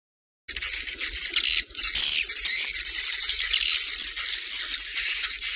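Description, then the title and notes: Swiftlet chirping calls, a dense high twittering chorus with sharp squeaky notes rising above a steady hiss, starting after half a second of silence. Swiftlet sound used for swiftlet farming in Asia. "Swiflet Bird Sound. Farming Swiflet Bird asia sound"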